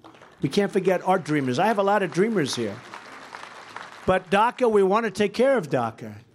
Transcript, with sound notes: You can’t forget our dreamers. I have a lot of dreamers here. (Applause.) But DACA—we want to take care of DACA,